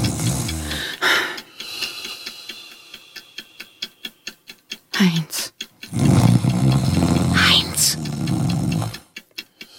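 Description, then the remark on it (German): Loud, rasping snores from a man rumble in long drawn-out bursts, with a steady, rapid ticking filling the quieter stretches between them. “Dieses Schnarchen unterbrechen.”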